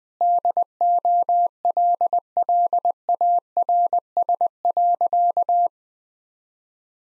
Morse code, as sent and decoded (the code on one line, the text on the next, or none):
-.. --- .-.. .-.. .- .-. ... .-.-.-
DOLLARS.